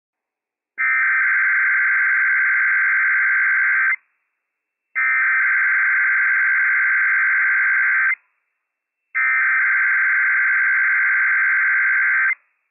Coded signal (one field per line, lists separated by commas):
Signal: Emergency Alert System (SAME) tones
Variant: header bursts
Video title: Inland Northwest RWT - WWF56 - EAS #191 - 10:35 AM PST 11/9/21